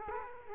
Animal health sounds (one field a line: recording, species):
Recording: mosquito wingbeat signal from an infrared sensor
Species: Culex quinquefasciatus